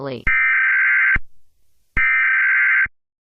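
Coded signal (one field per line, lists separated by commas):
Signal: Emergency Alert System (SAME) tones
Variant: header bursts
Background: speech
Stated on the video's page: Fictional EAS scenario.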